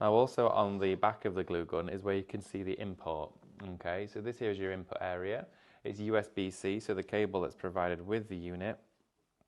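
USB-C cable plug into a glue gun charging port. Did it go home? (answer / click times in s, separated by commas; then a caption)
no / none. Someone talks while holding a USB-C charging cable provided with the unit, near the USB-C input port on the back of a glue gun. The cable has not yet been plugged in, and nothing has seated or clicked by the end of the clip.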